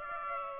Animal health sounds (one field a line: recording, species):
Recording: mosquito wingbeat signal from an infrared sensor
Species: Aedes aegypti